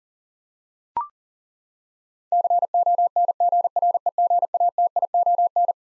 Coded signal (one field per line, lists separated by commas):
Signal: Morse code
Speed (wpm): 40 wpm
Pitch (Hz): 700 Hz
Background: none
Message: CONGREGATION